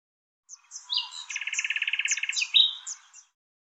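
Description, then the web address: Common nightingale song phrase: high sharp notes, then a rapid even trill, ending in loud whistled slurs, on a silent background. "Deverinetal 2025"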